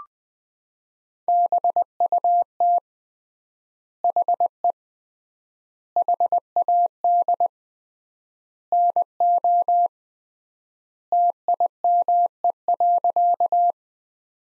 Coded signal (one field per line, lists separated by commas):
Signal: Morse code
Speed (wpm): 20 wpm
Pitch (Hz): 700 Hz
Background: none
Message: BUT HE HAD NO TIME.